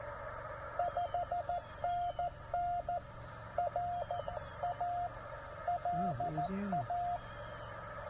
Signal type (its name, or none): Morse code